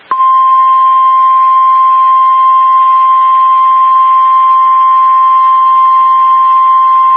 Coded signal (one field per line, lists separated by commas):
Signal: Emergency Alert System (SAME) tones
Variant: 1050 Hz attention tone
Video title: Severe Thunderstorm Warning EAS Bradley Sequatchie Marion Hamilton County Tennessee 7 19 23 3 55 ET